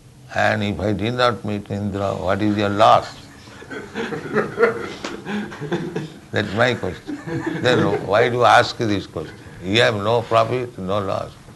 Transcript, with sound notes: And if I did not meet Indra, what is your loss? That is my question. [laughter] Then why do you ask this question? You have no profit, no loss.